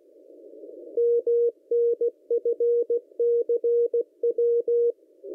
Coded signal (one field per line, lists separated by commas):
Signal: Morse code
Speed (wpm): 16 wpm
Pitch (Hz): 470 Hz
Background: none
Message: MNFCW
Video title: Scanning the Shortwave Bands - 70 and 60 Meters - Night Mysteries & Doomsday Signals